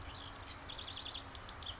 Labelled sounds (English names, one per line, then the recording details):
House Wren
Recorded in Sonoma County, California